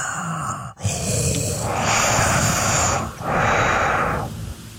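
Heavy, noisy breathing through the nose with the mouth closed during genuine sleep, not a snore. The breaths have a Darth Vader-like quality. A deviated septum is a possible cause.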